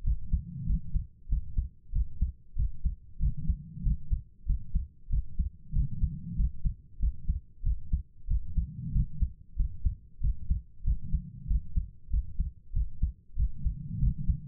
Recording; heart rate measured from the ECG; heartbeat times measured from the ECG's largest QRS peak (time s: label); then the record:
heart sounds by stethoscope; 95 bpm
0.02 s: heartbeat
0.65 s: heartbeat
1.27 s: heartbeat
1.91 s: heartbeat
2.54 s: heartbeat
3.18 s: heartbeat
3.82 s: heartbeat
4.45 s: heartbeat
5.08 s: heartbeat
5.71 s: heartbeat
6.35 s: heartbeat
6.98 s: heartbeat
7.62 s: heartbeat
8.26 s: heartbeat
8.91 s: heartbeat
9.55 s: heartbeat
10.19 s: heartbeat
10.83 s: heartbeat
11.46 s: heartbeat
12.09 s: heartbeat
12.72 s: heartbeat
13.35 s: heartbeat
13.98 s: heartbeat
From the record:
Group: healthy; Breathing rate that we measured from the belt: 23 breaths a minute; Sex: female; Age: 32 years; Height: 172 cm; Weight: 71.7 kg